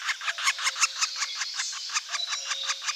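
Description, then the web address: Middle spotted woodpecker calling, a steady rapid run of harsh notes throughout. "Dendrocopos medius"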